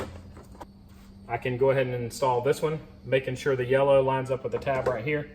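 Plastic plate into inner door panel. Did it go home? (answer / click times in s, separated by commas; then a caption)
yes / 0.6 s. A plastic plate is snapped back into place inside the door of a 2007–2013 Toyota Tundra during a door lock actuator replacement, with a short sharp click at 0.6 s marking it seating. After that, someone talks for the rest of the clip.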